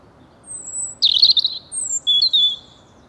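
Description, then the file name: European robin song: thin high whistles, one long steady note, then a burst of quavering notes and sliding whistles, over faint low background hiss. "Erithacus rubecula"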